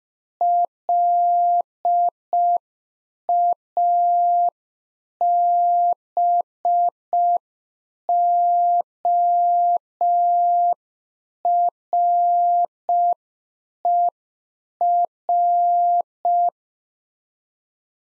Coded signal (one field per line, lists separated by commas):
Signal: Morse code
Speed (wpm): 5 wpm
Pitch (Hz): 700 Hz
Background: none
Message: LABORER